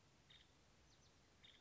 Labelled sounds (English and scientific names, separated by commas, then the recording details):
Nuttall's Woodpecker (Dryobates nuttallii)
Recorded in Sonoma County, California